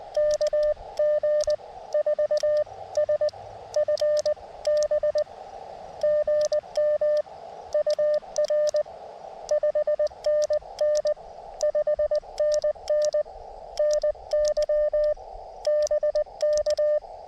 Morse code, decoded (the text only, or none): KG4SFB GM UR 5NN 5NN NY BK